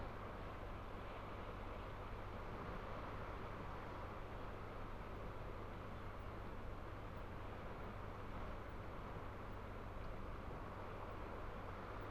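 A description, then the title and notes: Estuary waters by Wallasea Island under a steady, unbroken low rumble and soft hiss, like a distant engine drone holding level throughout. From the sea wall at Burnham-on-Crouch, looking out over panoramic tidal estuary waters by Wallasea Island.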